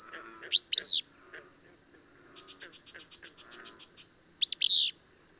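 Bird song: two short bursts of sharp, sweeping high notes near the start and end, over a steady, unbroken high insect drone with faint soft chirps between.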